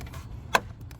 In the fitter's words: Click it, make sure it's